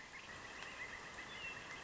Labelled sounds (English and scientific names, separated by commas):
Pileated Woodpecker (Dryocopus pileatus)